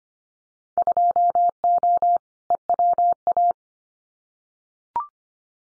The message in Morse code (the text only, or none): 2O EWA